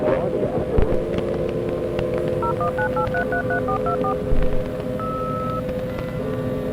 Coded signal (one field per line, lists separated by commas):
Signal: DTMF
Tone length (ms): 100 ms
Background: speech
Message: 0198333424